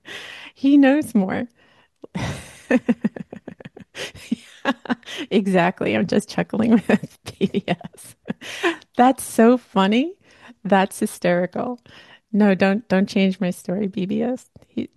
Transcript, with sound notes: He knows more. (laughs) Exactly, I'm just chuckling with BBS. (laughs) That's so funny. That's hysterical. No, don't- don't change my story, BBS.